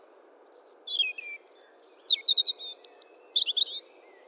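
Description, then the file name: European robin with a long, varied song of sweet falling whistles, quick ticking notes, a sustained high tone and a closing twitter. "Erithacus rubecula"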